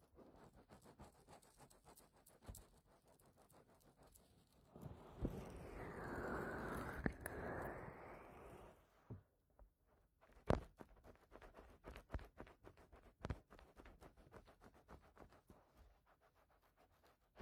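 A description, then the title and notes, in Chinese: Ear-cleaning massage: soft, close scratching and tapping crackles fill the clip with irregular clicks. From about five to nine seconds a denser, louder rubbing sound swells, then stops abruptly. Sharp clicks follow, with one strong pop near ten and a half seconds. 采耳按摩。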